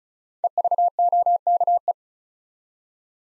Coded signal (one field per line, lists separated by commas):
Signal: Morse code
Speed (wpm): 36 wpm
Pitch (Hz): 700 Hz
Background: none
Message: EVOKE